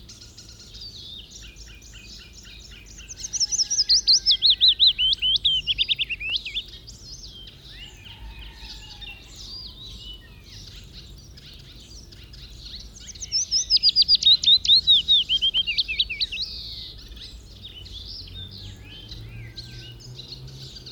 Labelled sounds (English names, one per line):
Willow Warbler song